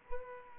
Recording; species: mosquito wingbeat signal from an infrared sensor; Culex pipiens